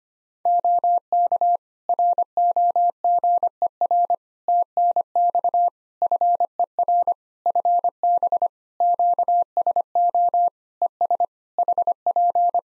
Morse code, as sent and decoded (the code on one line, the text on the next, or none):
--- -.- / .-. --- --. . .-. / - -. -..- / ..-. . .-. / ..-. -... / --.- ... --- / . ... / .... .--.
OK ROGER TNX FER FB QSO ES HP